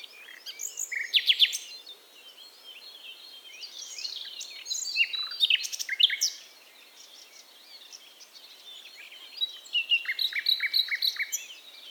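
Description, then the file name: Common nightingale song of fast rattles and sweeping whistles, with a run of repeated notes near the end. "Luscinia megarhynchos"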